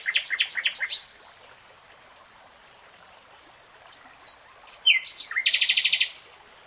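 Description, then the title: Nightingale song: a burst of rich, varied notes, then long pauses with faint thin whistles, ending in a fast run of loud repeated pulses. Singing, from a 3-hour real-time recording. "[Tiếng chim hót] REALTIME Nightingale Singing"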